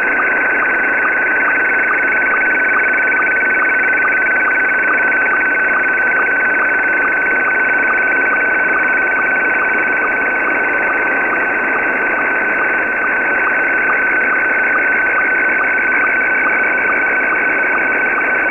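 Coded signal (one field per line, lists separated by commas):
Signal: SSTV (slow-scan television)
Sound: warbling high tones over a steady whine, with regular short low chirps about twice a second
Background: radio static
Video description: Here are 3 images transmitted in a row from Pee Wee Pirate Shortwave Radio on 6955Khz LSB.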